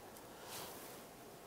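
A gray wiring harness connector with a spring clip is handled and pushed back onto a new camshaft position sensor for a 1999-2004 Jeep Grand Cherokee before the sensor is installed. Only a steady broadband hiss is heard, swelling slightly around 0.5–0.7 s, with no sharp transients. Nothing has seated or clicked yet.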